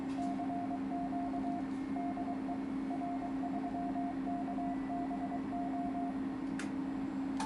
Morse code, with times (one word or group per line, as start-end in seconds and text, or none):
0.2-1.6 CQ
2.0-2.5 DE
2.9-6.1 R3KBO